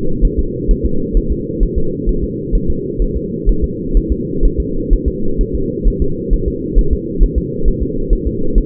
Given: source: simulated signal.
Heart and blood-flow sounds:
fetal heart sounds
0.25 s: S1
0.39 s: S2
0.71 s: S1
0.86 s: S2
1.17 s: S1
1.32 s: S2
1.63 s: S1
1.78 s: S2
2.09 s: S1
2.24 s: S2
2.55 s: S1
2.70 s: S2
3.02 s: S1
3.16 s: S2
3.49 s: S1
3.64 s: S2
3.97 s: S1
4.12 s: S2
4.45 s: S1
4.60 s: S2
4.93 s: S1
5.08 s: S2
5.41 s: S1
5.55 s: S2
5.88 s: S1
6.02 s: S2
6.33 s: S1
6.48 s: S2
6.79 s: S1
6.93 s: S2
7.23 s: S1
7.38 s: S2
7.68 s: S1
7.83 s: S2
8.13 s: S1
8.27 s: S2
8.58 s: S1
From the record:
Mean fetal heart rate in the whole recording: 130 bpm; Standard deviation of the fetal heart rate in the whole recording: 4 bpm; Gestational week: 38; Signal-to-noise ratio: -8.1 dB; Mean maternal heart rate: 72 bpm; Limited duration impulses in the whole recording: absent

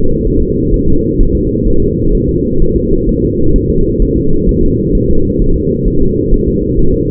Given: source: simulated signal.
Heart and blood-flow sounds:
fetal heart sounds
0.27 s: S1
0.42 s: S2
0.74 s: S1
0.88 s: S2
1.20 s: S1
1.35 s: S2
1.67 s: S1
1.82 s: S2
2.15 s: S1
2.29 s: S2
2.62 s: S1
2.76 s: S2
3.09 s: S1
3.23 s: S2
3.56 s: S1
3.70 s: S2
4.02 s: S1
4.17 s: S2
4.49 s: S1
4.63 s: S2
4.95 s: S1
5.10 s: S2
5.42 s: S1
5.56 s: S2
5.88 s: S1
6.02 s: S2
6.34 s: S1
6.48 s: S2
6.79 s: S1
6.94 s: S2
From the record:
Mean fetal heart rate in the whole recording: 130 bpm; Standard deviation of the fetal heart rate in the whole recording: 4 bpm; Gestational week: 38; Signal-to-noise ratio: -17.7 dB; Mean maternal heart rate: 72 bpm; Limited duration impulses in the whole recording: present

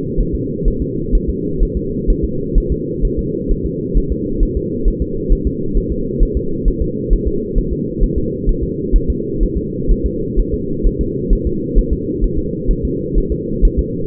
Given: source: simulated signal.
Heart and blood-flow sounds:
fetal heart sounds
0.20 s: S1
0.35 s: S2
0.68 s: S1
0.82 s: S2
1.15 s: S1
1.29 s: S2
1.63 s: S1
1.77 s: S2
2.10 s: S1
2.25 s: S2
2.58 s: S1
2.72 s: S2
3.05 s: S1
3.19 s: S2
3.51 s: S1
3.66 s: S2
3.97 s: S1
4.12 s: S2
4.43 s: S1
4.57 s: S2
4.88 s: S1
5.02 s: S2
5.32 s: S1
5.47 s: S2
5.77 s: S1
5.92 s: S2
6.23 s: S1
6.37 s: S2
6.68 s: S1
6.82 s: S2
7.13 s: S1
7.28 s: S2
7.58 s: S1
7.73 s: S2
8.03 s: S1
8.18 s: S2
8.49 s: S1
8.63 s: S2
8.96 s: S1
9.10 s: S2
9.43 s: S1
9.57 s: S2
9.91 s: S1
10.06 s: S2
10.39 s: S1
10.54 s: S2
10.87 s: S1
11.01 s: S2
11.33 s: S1
11.47 s: S2
11.78 s: S1
11.93 s: S2
12.24 s: S1
12.38 s: S2
12.71 s: S1
12.85 s: S2
13.18 s: S1
13.32 s: S2
13.65 s: S1
13.79 s: S2
From the record:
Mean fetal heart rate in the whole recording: 130 bpm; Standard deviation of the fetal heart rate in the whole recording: 4 bpm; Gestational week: 38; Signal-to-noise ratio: -6.6 dB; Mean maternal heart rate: 72 bpm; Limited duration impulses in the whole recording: present

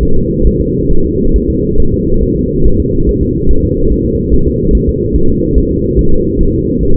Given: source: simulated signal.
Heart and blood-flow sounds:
fetal heart sounds
0.03 s: S1
0.17 s: S2
0.47 s: S1
0.61 s: S2
0.92 s: S1
1.05 s: S2
1.36 s: S1
1.50 s: S2
1.80 s: S1
1.94 s: S2
2.23 s: S1
2.37 s: S2
2.66 s: S1
2.80 s: S2
3.09 s: S1
3.23 s: S2
3.51 s: S1
3.65 s: S2
3.92 s: S1
4.06 s: S2
4.34 s: S1
4.48 s: S2
4.75 s: S1
4.89 s: S2
5.16 s: S1
5.30 s: S2
5.58 s: S1
5.72 s: S2
5.99 s: S1
6.13 s: S2
6.41 s: S1
6.55 s: S2
6.83 s: S1
6.97 s: S2
From the record:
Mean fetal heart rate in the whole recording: 140 bpm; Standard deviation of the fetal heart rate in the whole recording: 2 bpm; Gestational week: 34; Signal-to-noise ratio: -19.1 dB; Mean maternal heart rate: 72 bpm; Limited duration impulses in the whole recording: present

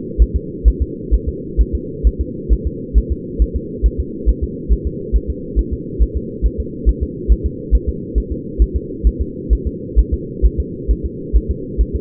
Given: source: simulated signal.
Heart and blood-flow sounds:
fetal heart sounds
0.22 s: S1
0.36 s: S2
0.68 s: S1
0.82 s: S2
1.14 s: S1
1.29 s: S2
1.61 s: S1
1.75 s: S2
2.07 s: S1
2.21 s: S2
2.53 s: S1
2.67 s: S2
2.98 s: S1
3.12 s: S2
3.42 s: S1
3.56 s: S2
3.86 s: S1
4.00 s: S2
4.29 s: S1
4.44 s: S2
4.73 s: S1
4.87 s: S2
5.16 s: S1
5.30 s: S2
5.59 s: S1
5.73 s: S2
6.02 s: S1
6.17 s: S2
6.46 s: S1
6.60 s: S2
6.89 s: S1
7.03 s: S2
7.32 s: S1
7.46 s: S2
7.75 s: S1
7.89 s: S2
8.18 s: S1
8.32 s: S2
8.62 s: S1
8.76 s: S2
9.07 s: S1
9.21 s: S2
9.53 s: S1
9.67 s: S2
9.99 s: S1
10.14 s: S2
10.46 s: S1
10.60 s: S2
10.91 s: S1
11.06 s: S2
11.36 s: S1
11.51 s: S2
11.81 s: S1
11.96 s: S2
From the record:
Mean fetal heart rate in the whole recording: 135 bpm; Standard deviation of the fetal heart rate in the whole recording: 3 bpm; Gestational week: 34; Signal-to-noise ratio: -4.1 dB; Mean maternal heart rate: no maternal heart sound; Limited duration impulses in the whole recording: absent

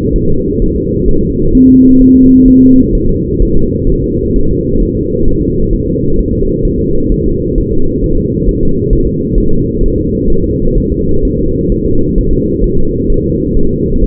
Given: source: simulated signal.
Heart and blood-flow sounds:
fetal heart sounds
0.16 s: S1
0.30 s: S2
0.62 s: S1
0.76 s: S2
1.09 s: S1
1.23 s: S2
1.55 s: S1
1.69 s: S2
2.01 s: S1
2.16 s: S2
2.48 s: S1
2.62 s: S2
2.95 s: S1
3.09 s: S2
3.42 s: S1
3.57 s: S2
3.90 s: S1
4.04 s: S2
4.36 s: S1
4.51 s: S2
4.83 s: S1
4.97 s: S2
5.28 s: S1
5.42 s: S2
5.73 s: S1
5.88 s: S2
6.19 s: S1
6.33 s: S2
6.65 s: S1
6.79 s: S2
7.12 s: S1
7.26 s: S2
7.58 s: S1
7.72 s: S2
8.04 s: S1
8.18 s: S2
8.49 s: S1
8.63 s: S2
8.93 s: S1
9.07 s: S2
9.38 s: S1
9.52 s: S2
9.83 s: S1
9.98 s: S2
10.30 s: S1
10.44 s: S2
10.78 s: S1
10.92 s: S2
11.25 s: S1
11.39 s: S2
11.72 s: S1
11.86 s: S2
12.18 s: S1
12.33 s: S2
12.64 s: S1
12.78 s: S2
13.10 s: S1
13.24 s: S2
13.57 s: S1
13.71 s: S2
14.04 s: S1
From the record:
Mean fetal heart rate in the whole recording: 130 bpm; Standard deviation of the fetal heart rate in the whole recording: 4 bpm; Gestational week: 38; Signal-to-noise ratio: -17.7 dB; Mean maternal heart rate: 72 bpm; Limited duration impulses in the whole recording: present

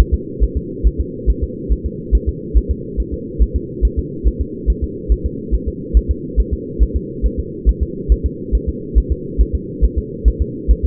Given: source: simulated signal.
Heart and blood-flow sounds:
fetal heart sounds
0.00 s: S1
0.14 s: S2
0.43 s: S1
0.57 s: S2
0.87 s: S1
1.00 s: S2
1.30 s: S1
1.44 s: S2
1.72 s: S1
1.86 s: S2
2.15 s: S1
2.29 s: S2
2.57 s: S1
2.71 s: S2
3.00 s: S1
3.14 s: S2
3.42 s: S1
3.56 s: S2
3.85 s: S1
3.99 s: S2
4.28 s: S1
4.41 s: S2
4.70 s: S1
4.84 s: S2
5.12 s: S1
5.26 s: S2
5.54 s: S1
5.68 s: S2
5.97 s: S1
6.11 s: S2
6.40 s: S1
6.53 s: S2
6.83 s: S1
6.96 s: S2
7.26 s: S1
7.40 s: S2
7.69 s: S1
7.83 s: S2
8.12 s: S1
8.26 s: S2
8.55 s: S1
8.69 s: S2
8.98 s: S1
9.12 s: S2
9.41 s: S1
9.55 s: S2
9.85 s: S1
9.98 s: S2
10.28 s: S1
10.42 s: S2
10.71 s: S1
10.85 s: S2
From the record:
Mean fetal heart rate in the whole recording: 140 bpm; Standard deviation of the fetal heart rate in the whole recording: 2 bpm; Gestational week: 34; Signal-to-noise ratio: -4.1 dB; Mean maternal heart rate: no maternal heart sound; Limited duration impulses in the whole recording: absent

